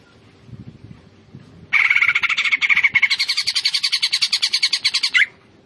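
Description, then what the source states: Greater green leafbird song: after a quiet start, a loud, rapid run of harsh, buzzy pulsed notes lasting around three and a half seconds, ending abruptly. Local name cucak ijo; described as gacor, meaning singing vigorously and continuously.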